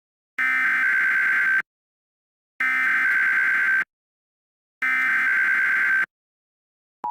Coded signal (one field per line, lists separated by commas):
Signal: Emergency Alert System (SAME) tones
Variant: header bursts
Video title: EAS Interrupts Kirby AirRiders (Christmas Special)